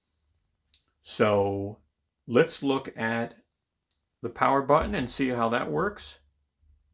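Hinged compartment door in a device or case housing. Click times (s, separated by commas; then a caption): 0.7 s. A hinged compartment door on a device or case housing, which opens the opposite way to usual and leaves room for charging cables, is pushed back in until it locks shut with a short click at 0.7 s. Someone talks afterward.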